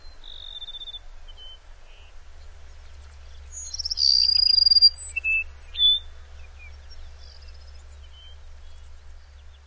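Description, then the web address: Cassin's sparrow song: scattered high chips lead into a sputtering trill, then clear whistled notes at different pitches, followed by faint scattered notes and a low hum. "Songs of Birds of North America Know Your Bird Sounds. Cassins Sparrow"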